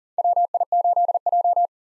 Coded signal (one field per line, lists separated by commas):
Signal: Morse code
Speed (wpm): 40 wpm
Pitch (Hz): 700 Hz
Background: none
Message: WI8J